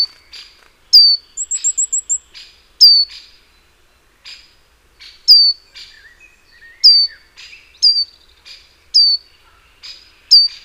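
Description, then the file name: Great tit calls: sharp high notes dropping in pitch, repeated irregularly, with one quick run of thin high notes and softer warbling from other birds below. "Parus major"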